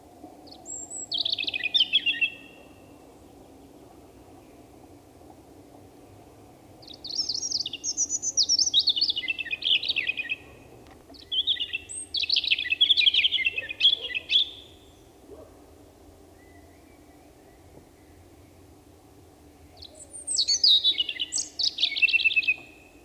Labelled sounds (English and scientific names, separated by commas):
European Robin (Erithacus rubecula) song